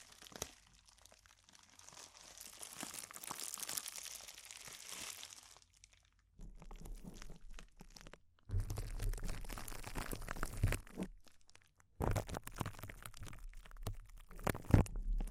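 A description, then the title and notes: Intense close-up crinkles come in dense, crackling bursts with short silent gaps near six, eight and twelve seconds, and sharp louder snaps near the end. ASMR Intense Close-Up Crinkles (No Talking).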